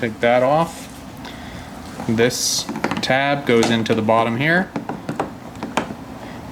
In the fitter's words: and it just sort of wiggles its way in there and snaps into place